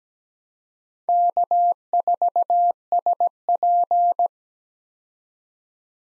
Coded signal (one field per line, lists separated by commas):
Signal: Morse code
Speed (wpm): 17 wpm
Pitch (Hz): 700 Hz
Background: none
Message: K4SP